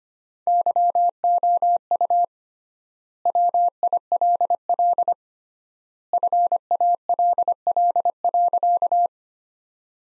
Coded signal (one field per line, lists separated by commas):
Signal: Morse code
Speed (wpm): 25 wpm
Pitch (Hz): 700 Hz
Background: none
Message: YOU WILL FALL.